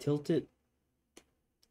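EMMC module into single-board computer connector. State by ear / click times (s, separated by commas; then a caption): seated / 1.2 s. Someone talks briefly, then an eMMC memory module is tilted into place and pressed onto its board connector on an Odroid N2L single-board computer. A sharp click at 1.2 s shows it has seated, and a fainter tick follows at 1.6 s.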